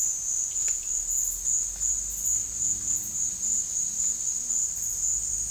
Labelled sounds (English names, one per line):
none